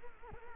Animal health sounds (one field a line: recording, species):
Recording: mosquito wingbeat signal from an infrared sensor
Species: Culex quinquefasciatus